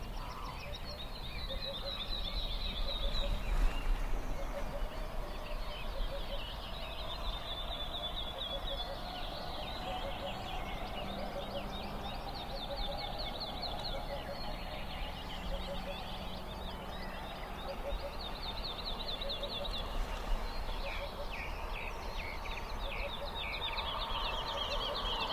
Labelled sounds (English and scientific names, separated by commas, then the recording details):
Eurasian Hoopoe (Upupa epops)
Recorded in the wild
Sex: male
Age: adult
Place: NSG Schönower Heide, Naturpark Barnim, Brandenburg, DE
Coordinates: 52.6856, 13.5122
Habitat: meadow
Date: 2011-05-14
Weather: cloudy, 15°C, almost no wind
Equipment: Sound Devices 702, Sennheiser MKH 70, Rycote Windschutz
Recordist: Frommolt, Karl-Heinz